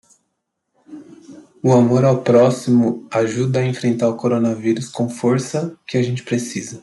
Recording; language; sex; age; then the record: spoken sentence; Brazilian Portuguese; male; 20 to 29 years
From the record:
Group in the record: control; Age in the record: 28 years